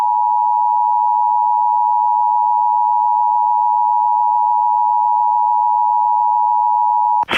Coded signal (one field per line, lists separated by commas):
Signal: Emergency Alert System (SAME) tones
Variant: 853 and 960 Hz attention tone